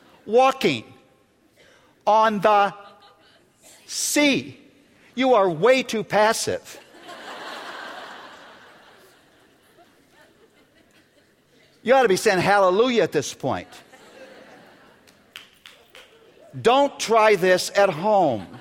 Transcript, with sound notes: Walking on the sea. You are way too passive. (laughter) You ought to be saying, "Hallelujah!" at this point. Don't try this at home!